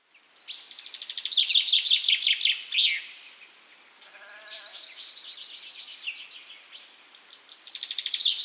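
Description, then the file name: Common chaffinch song, a quick cascading trill sliding downward to a terminal flourish, followed by a brief lower sound, high thin notes, and the start of another trill. "Fringilla coelebs"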